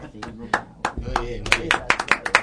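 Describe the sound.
Scattered hand claps from a crowd of people outside come in an irregular, sharp burst of applause, mixed with a low murmur of voices underneath.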